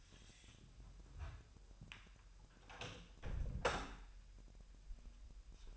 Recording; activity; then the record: daily activity, microphone in the room; close door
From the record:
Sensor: 2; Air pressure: 1001.1 hPa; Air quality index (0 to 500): 250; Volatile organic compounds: 94 ppm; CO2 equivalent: 3714 ppm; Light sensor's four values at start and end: 10/24/10/10 and 10/23/9/10